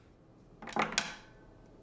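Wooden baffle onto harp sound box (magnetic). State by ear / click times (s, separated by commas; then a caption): seated / 1.0 s. A wooden baffle panel is fitted onto the wooden sound box of an Aeolian harp, where magnets hold it. A soft contact at about 0.6 s and a louder knock and rustle near 0.8 s lead to a sharp magnetic snap at 1.0 s that rings briefly before fading. The baffle is seated in place.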